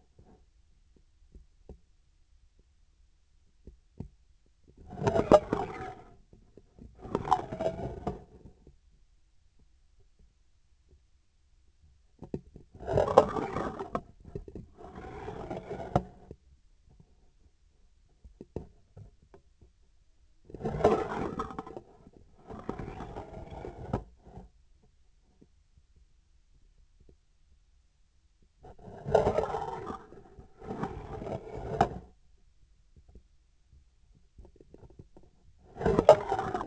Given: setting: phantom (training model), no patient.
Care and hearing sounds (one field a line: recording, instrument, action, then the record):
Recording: laparoscopic instrument, vibration sensor on the handle end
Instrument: scissors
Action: approaching and retracting movements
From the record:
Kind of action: spatial motion